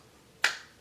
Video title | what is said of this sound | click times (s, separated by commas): Smartphone Mount - Smartphone Stand, Smartphone Flexible Mount | slide to lock into place this | 0.4 s